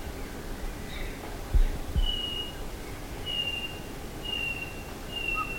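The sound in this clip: Bird calls, thin high whistles, drawn-out and level, given about once a second after a quiet start, with two soft bumps and low rumble.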